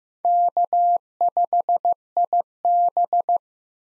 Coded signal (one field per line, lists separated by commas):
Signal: Morse code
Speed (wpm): 15 wpm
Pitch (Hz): 700 Hz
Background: none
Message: K5IB